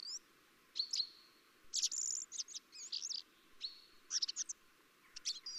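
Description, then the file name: Common blackbird calling with a string of high, thin notes and sharp chirps, some drawn out as a steady whistle, in several clusters. "Turdus merula"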